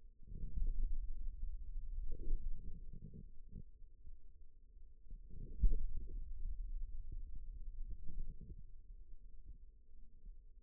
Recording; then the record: forearm muscle sounds (acoustic myography)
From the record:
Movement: pen grasping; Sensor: system 2, bracelet of six BSWA MPA416 microphones around the upper forearm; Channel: 4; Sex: male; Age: 22 years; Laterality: right